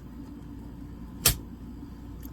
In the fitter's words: it snaps down. You can hear this.